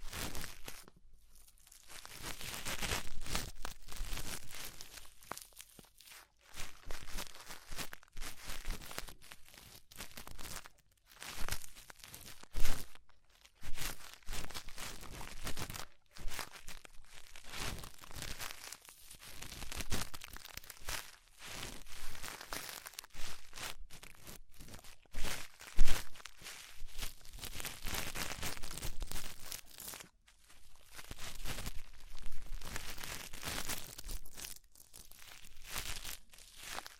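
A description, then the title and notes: An ear cleaning session made of crinkly, scratchy rustling that comes in quick, uneven bursts with brief silent gaps every second or two. The sound is bright and crackling, swelling and fading throughout, with a sharper snap around 26 seconds. ASMR Deep Ear Cleaning Session.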